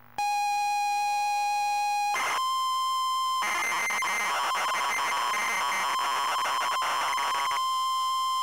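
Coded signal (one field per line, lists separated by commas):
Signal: ZX Spectrum tape loading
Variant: ZX Spectrum +2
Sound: steady buzzy lead tone, short harsh burst, tone again, then long rasping data screech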